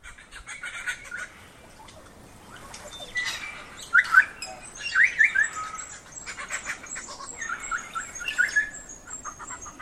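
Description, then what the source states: New Zealand kaka calls, harsh grating notes mixed with short upward-flicking whistled notes, irregular throughout. Recorded at Ackers Point.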